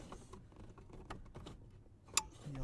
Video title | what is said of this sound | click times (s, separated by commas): How to fix your TPMS Light error code PERMANENTLY on your Jeep JL (after adding 35+ INCH TIRES) | hear it click go ahead and | 2.2 s